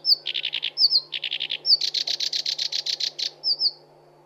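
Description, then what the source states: Black-browed Reed Warbler song: short whistled slurs alternating with bursts of rapid grating notes, then a longer harsh repeated series, all fast and scratchy. Masteran (tutor) song for cage birds.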